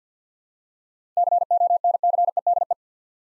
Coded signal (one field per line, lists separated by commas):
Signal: Morse code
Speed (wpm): 52 wpm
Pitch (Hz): 700 Hz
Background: none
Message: CONCEDE